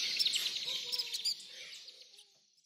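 Tropical birds chirping in a dense high chorus with a couple of lower whistled notes, the sound fading away toward the end.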